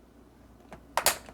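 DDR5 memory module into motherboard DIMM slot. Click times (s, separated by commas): 1.0 s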